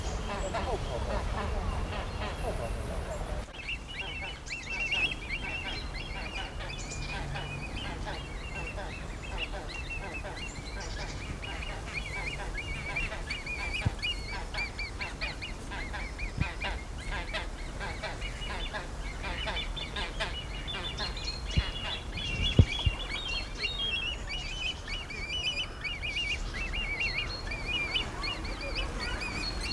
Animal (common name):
Great Crested Grebe